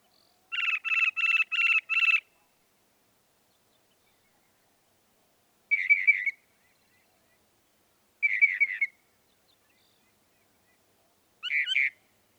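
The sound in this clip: Northern mockingbird song: five rapid, even repeated notes, then three separate short phrases spaced by long pauses.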